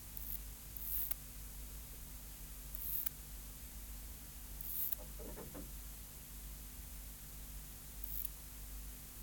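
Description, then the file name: Conocephalus longipennis calling: short, very high, hissing bursts spaced irregularly, with a constant low hum and background hiss throughout. "Bio Acoustica. Conocephalus longipennis"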